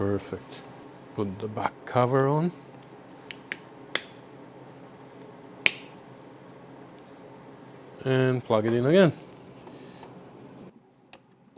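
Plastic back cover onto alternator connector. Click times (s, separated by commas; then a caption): 4.0 s, 5.7 s. Someone talks while a plastic back cover is snapped onto an alternator connector after the wire has been inserted. Several sharp snap sounds are heard, with the main clicks at 4.0 s and 5.7 s, and the cover seats in place.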